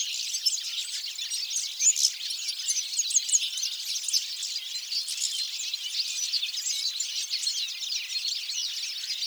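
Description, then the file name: European goldfinch twittering song, a continuous mesh of high, rapid, jangling notes with a few louder chirps standing out early on. "Carduelis carduelis"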